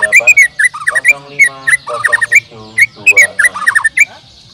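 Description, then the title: Bird song of clear whistled notes, each sliding and repeated quickly in uneven bursts, with lower warbling phrases between them. "Kicau Burung"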